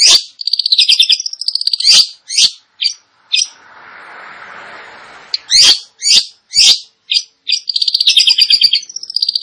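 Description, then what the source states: Long-tailed shrike song: rapid trilled chatter and harsh squawky notes, broken by a soft hissing pause, then more fast trills. Indonesian name cendet; described as gacor, actively and vigorously singing.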